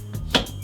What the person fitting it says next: once you hear that click you'll know your leg is secure